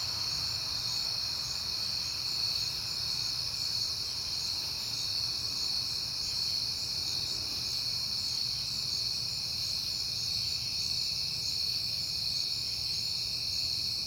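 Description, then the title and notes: Crickets in a long continuous high chorus, steady throughout, over a soft constant low hum. Crickets recorded at night in September, heard often lately, on a peaceful night. "Night Time: Crickets and Passing Cars. It is September and I have been hearing the crickets a lot"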